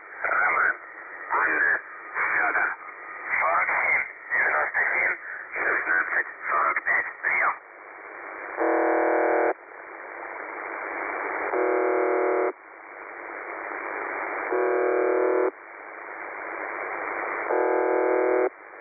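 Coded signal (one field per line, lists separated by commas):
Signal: numbers station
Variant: UVB-76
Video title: The Buzzer/UVB-76 Voice Message (December 3, 2020 11:04 UTC)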